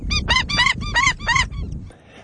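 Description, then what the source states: Indian skimmer calls, a run of harsh nasal yapping notes in quick succession over a low rumbling background, fading out near the end. Black and white water bird.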